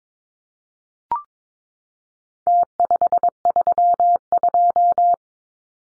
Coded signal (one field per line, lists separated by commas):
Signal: Morse code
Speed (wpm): 22 wpm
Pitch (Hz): 700 Hz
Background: none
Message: T532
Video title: Four Digit Contest Style Numbers 22wpm